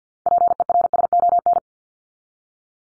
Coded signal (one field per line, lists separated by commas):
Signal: Morse code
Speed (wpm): 50 wpm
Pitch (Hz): 700 Hz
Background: none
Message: PERSON